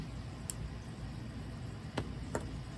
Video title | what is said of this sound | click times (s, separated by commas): Day 1 Wipnchat Challenge Chainmaille | You guys hear those 2 nice clicks? So it is completely closed. | 0.5 s, 2.0 s, 2.4 s